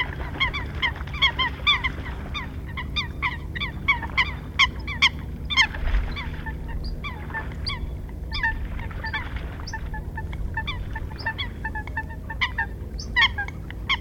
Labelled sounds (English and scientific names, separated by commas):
Eurasian Coot (Fulica atra) call